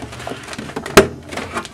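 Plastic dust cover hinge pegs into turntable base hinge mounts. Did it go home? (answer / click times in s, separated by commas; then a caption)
yes / 1.0 s. The plastic pegs of a Jensen JTA-460 stereo turntable's brittle plastic dust cover are pressed into their hinge mounts on the turntable base because the cover was not snapped into place. Soft handling clicks come first, then a loud, sharp snap at 0.97 s that sounds like cracking as the pegs seat. Nothing is breaking.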